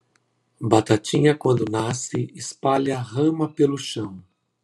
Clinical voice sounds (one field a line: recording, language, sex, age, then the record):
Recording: short text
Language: Brazilian Portuguese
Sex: male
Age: 50 to 59 years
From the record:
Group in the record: control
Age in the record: 51 years